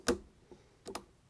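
A preset torque wrench tightens the steel screws on the rear scope ring cap of an AR-15 scope mount. A sharp click at 0.1 s marks the wrench breaking at 18 inch-pounds, with only a couple of fingers' worth of torque. A softer tick follows near 0.5 s and a pair of quick ticks near 0.9 s.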